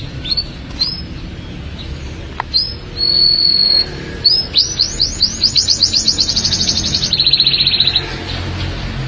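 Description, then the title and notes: Canary song: sharp upslurred chirps, a sustained high whistle, then a long, fast rolling trill. "BM Suara Kenari. BM Suara Burung Kenari"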